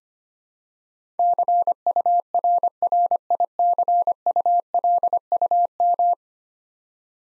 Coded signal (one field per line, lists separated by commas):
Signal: Morse code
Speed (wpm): 25 wpm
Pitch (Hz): 700 Hz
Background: none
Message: CURRICULUM